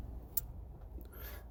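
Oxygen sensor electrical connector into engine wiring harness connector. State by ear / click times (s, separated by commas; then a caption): seated / 0.4 s. An oxygen sensor wiring connector on a Jeep Renegade, Cherokee, Compass, Dodge Dart or Fiat 500X is plugged back into its mating plastic engine wiring harness connector. It clicks sharply at 0.4 s over a low steady rumble, followed by a few faint ticks around 1.0 s. The connector is seated.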